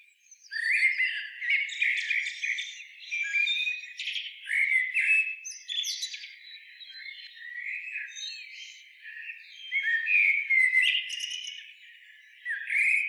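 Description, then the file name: Common blackbird delivering continuous rapid, squeaky notes and harsh twitters, rising and falling in loudness every couple of seconds. "Turdus merula"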